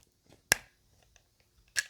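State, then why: Seated. A detachable audio cable plug is pushed into the headphone earcup socket of a V-MODA M-100 and clicks in at 0.5 seconds with a loud, sharp snap. Faint handling noises follow, then a second sharp click at 1.8 seconds.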